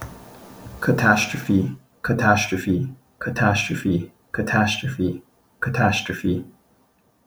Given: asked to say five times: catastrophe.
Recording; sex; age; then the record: repeated word; male; 40 to 49 years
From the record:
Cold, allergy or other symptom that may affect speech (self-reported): no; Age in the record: 43 years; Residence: Hawaii, United States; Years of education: 18